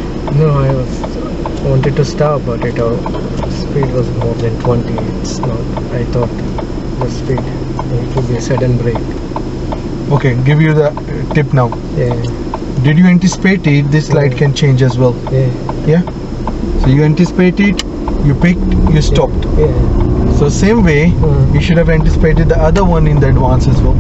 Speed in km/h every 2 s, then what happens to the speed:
0, 0, 0, 0, 0, 0, 0, 0, 6, 18, 23, 24.
0-15 standing. 15-24 pulls away to 24.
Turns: none.